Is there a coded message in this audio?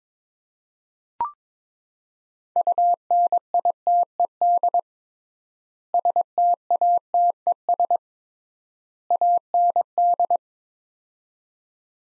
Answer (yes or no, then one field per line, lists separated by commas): yes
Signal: Morse code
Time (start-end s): 2.6-10.4 s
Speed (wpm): 22 wpm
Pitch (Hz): 700 Hz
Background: none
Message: UNITED STATES AND